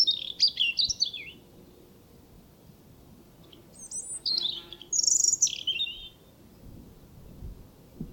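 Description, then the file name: European robin song, with three separate bursts of high, tinkling, varied notes, the first followed by a quiet gap of over two seconds and the last two close together. "Erithacus rubecula"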